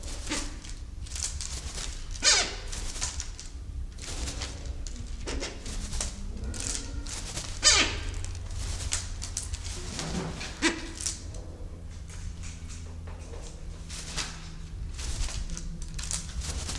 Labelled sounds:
Silvery-cheeked Hornbill
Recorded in captivity
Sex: pair
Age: adult
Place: Zoo Berlin, Berlin, DE
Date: 1993-01-30
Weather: -6°C, sonnig
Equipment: Marantz CP 430, Sennheiser ME 80, Kopie Uher Variocord 263
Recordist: Tembrock, Günter

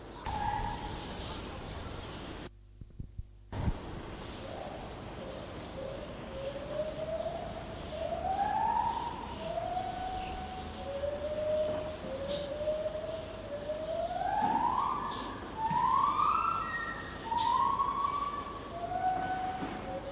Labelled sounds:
Lar Gibbon
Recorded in captivity
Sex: female
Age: adult
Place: Zoo Berlin, Berlin, DE
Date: 2004-05-24 12:10
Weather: bedeckt, 13°C
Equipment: Sony WM-D6C, Sennheiser ME 80, Kopie Uher 4000 Report Monitor
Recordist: Tembrock, Günter

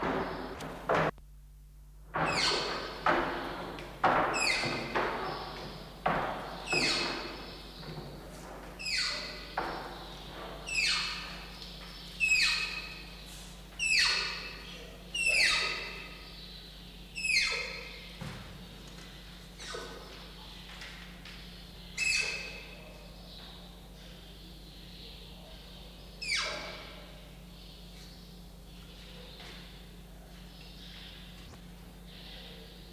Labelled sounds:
Malayan Tapir
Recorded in captivity
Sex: pair
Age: adult
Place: Zoo Berlin, Berlin, DE
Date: 1995-04-01 10:54
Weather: bedeckt - heiter, 6 - 8 °C, böiger Wind
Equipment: Marantz CP 430, Sennheiser ME 80, Kopie Uher Variocord 263
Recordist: Tembrock, Günter

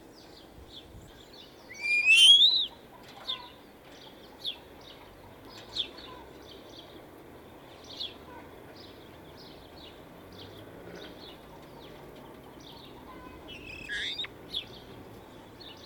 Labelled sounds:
European Starling
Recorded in captivity
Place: Bergen, Insel Rügen, Mecklenburg-Vorpommern, DE
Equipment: Nagra III BH, Sennheiser MD 21
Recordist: Schubert, Michael
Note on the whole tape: Staren - Männchen , einsilbige Rufe und Gesangsstücke; "Niesen" (Käfigvogel)

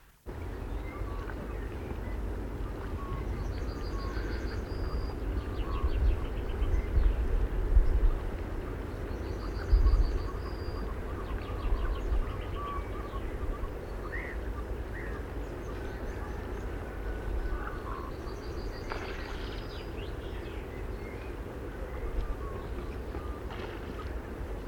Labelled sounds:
Common Merganser call
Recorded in the wild
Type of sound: call
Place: Banzelvitzer Berge, Insel Rügen, Mecklenburg-Vorpommern, DE
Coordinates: 54.528, 13.406
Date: 1970-04-18
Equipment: Nagra III BH, Sennheiser MD 21, parabola
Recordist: Schubert, Michael
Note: Balzende Gänsesäger, bauchrednerische Rufe von den Männchen , die harten von den Weibchen

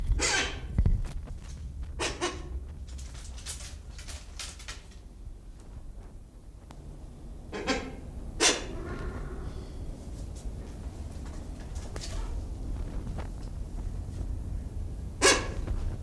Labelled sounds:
Silvery-cheeked Hornbill call
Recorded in captivity
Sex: pair
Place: Zoo Berlin, Berlin, DE
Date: 1996-03-13 15:21
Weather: bedeckt, 2°C
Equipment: Sony WM-D6C, Sennheiser ME 80, Kopie Uher 4000 Report Monitor
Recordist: Tembrock, Günter

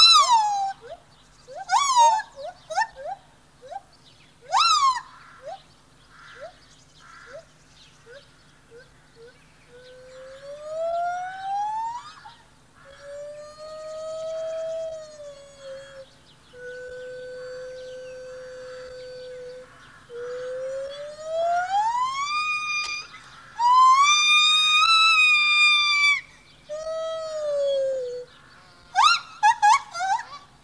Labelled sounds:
Lar Gibbon
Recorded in captivity
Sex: pair
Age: adult
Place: Tierpark Berlin, Berlin, DE
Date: 1986-03-08
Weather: diesig, 3°C, windstill
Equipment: Nagra SN, Kopie Uher 4000 Monitor Report
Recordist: Tembrock, Günter
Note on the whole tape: Männchen (hellere Stimme) und Weibchen, diese zuletzt mit Rufreihe. Auf der Freianlage des Hauses, Lautgebung nach dem Duett abgebrochen

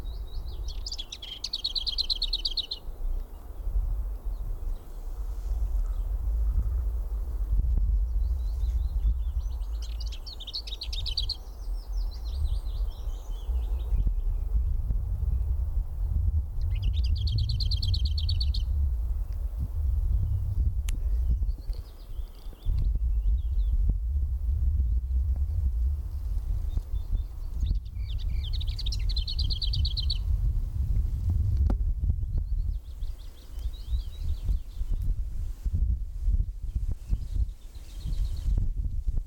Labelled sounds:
Lesser Whitethroat
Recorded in the wild
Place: Karower Teiche, Naturpark Barnim, Berlin, DE
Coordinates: 52.6222, 13.4597
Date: 1996-04-21 13:29
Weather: heiter
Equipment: Sony MD-WM MZ-R3, Sennheiser MKH 416 T, Kopie Uher 4000 Report Monitor
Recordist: Tembrock, Günter
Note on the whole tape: Gesang

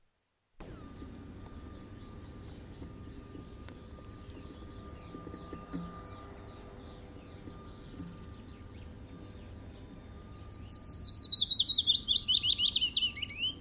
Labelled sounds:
Willow Warbler song
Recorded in the wild
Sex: male
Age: adult
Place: Weinstadt, OT Schnait, Beutelsbacher Tal, Baden-Württemberg, DE
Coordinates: 48.8167, 9.36667
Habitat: hillside, shrubbery and trees
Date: 1967-06-05
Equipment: Nagra III PH, MD 421, kleiner englischer Parabolspiegel, LGS26
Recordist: Schneider, Hans-Joachim

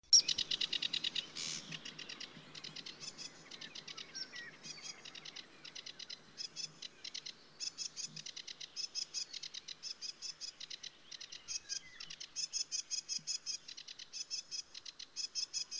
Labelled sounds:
Sedge Warbler
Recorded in the wild
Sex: male
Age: adult
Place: Teerofenbrücke, Nationalpark Unteres Odertal, Brandenburg, DE
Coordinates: 53.1336, 14.3503
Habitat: riverine vegetation
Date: 2001-05-05
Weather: overcast, ca. 10°C, light winds
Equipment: Sony TCD-D7, Telinga Pro 5
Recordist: Frommolt, Karl-Heinz

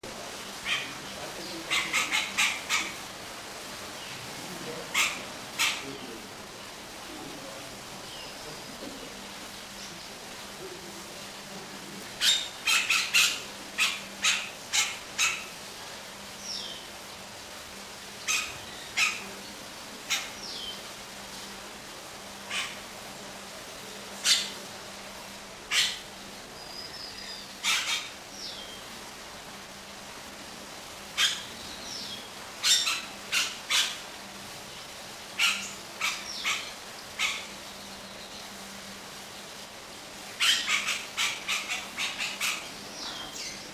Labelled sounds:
Yellow-rumped Cacique call
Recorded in captivity
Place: Zoo Berlin, Berlin, DE
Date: 1997-10-18 11:18
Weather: sunny, 12-15°C
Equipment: Nagra SN, Kopie Uher 4000 Report Monitor
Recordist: Tembrock, Günter
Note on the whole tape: Kurzlaute

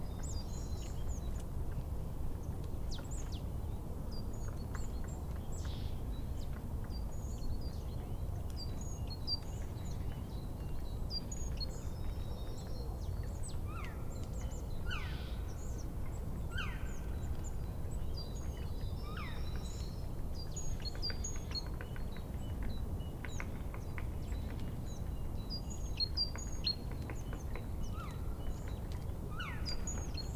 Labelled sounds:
Black Woodpecker call
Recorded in the wild
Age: adult
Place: Bernau bei Berlin, Forst Bernau, Brandenburg, DE
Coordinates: 52.6975, 13.5211
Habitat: wood
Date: 2007-02-18 15:59
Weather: heiter, 7-8°C
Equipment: Sound Devices 702, Sennheiser MKH 70, Windkorb
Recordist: Frommolt, Karl-Heinz
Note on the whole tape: Rieselfläche bei Bernau Waldfrieden: Rufe eines Schwarzspechtes. Entfernung ca. 200 m. Tier nicht gesehen

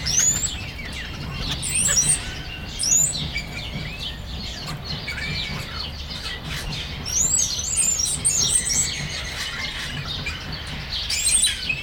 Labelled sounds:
Wattled Starling
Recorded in captivity
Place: Zoo Berlin, Berlin, DE
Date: 1996-04-27 18:17
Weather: heiter, 17°C
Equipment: Sony MD-WM MZ-R3, Sennheiser MKH 416 T, Kopie Uher 4000 Report Monitor
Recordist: Tembrock, Günter

